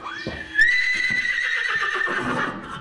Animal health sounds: contact call of a hoofed animal; horse; whinny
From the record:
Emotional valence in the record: negative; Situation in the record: separation from one group member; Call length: 2.8 s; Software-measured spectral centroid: 2490 Hz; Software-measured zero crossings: 3440 a second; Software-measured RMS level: -23 dBFS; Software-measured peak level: -9 dBFS

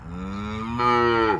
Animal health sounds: contact call of a hoofed animal; cattle; low-frequency (closed-mouth) or high-frequency (open-mouth) call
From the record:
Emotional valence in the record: negative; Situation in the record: full separation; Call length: 1.40 s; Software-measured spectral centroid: 1490 Hz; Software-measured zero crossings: 1490 a second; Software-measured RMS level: -23 dBFS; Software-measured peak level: -8 dBFS

